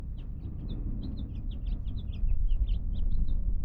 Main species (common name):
House Finch